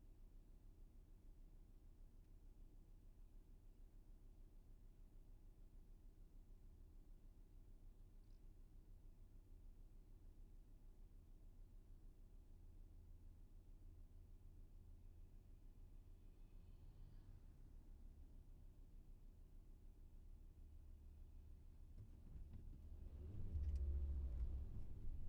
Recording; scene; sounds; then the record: everyday scene through a hearing-aid microphone; in a vehicle; engine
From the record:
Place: VW T5 Caravelle, diesel engine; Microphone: behind the ear, left, rear